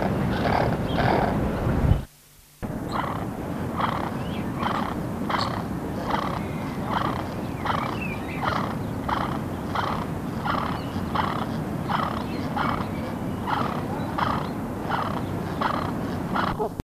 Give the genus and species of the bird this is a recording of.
Phoenicopterus chilensis